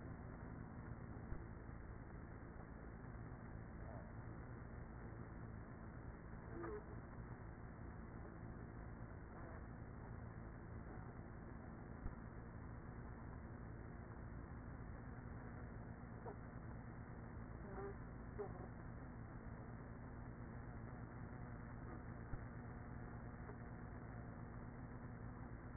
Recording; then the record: honeybee colony, microphone inside the hive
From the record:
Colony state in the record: queenless with a low population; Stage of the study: after two queens were removed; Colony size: about 30,000 bees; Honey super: no